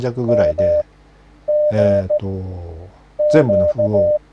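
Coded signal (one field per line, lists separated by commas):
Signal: Morse code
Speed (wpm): 16 wpm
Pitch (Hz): 600 Hz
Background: speech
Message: MGQ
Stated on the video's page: Morse code learning lesson using mnemonic phrases to memorize characters.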